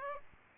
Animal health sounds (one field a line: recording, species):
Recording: mosquito wingbeat signal from an infrared sensor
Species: Aedes aegypti